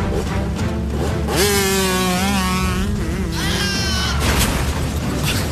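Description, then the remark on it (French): Small pocket bike engines whine and rev at a high pitch, the tone climbing and dipping repeatedly over a constant rough, rumbling noise that runs through the whole clip. Two pocket bikes, each ridden by two people without helmets, on an obstacle course while chased by police motorcyclists. “Pour ce faire, nous avons mis à votre disposition deux pocket bikes sans casque. Vous serez deux par moto et vous serez poursuivis par des motards de la police.”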